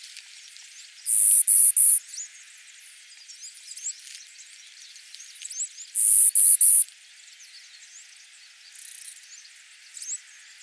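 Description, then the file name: Clay-colored sparrow sounding two bouts of three insect-like high buzzes, about five seconds apart, over soft background chirping. "Spizella pallida - Clay-colored Sparrow"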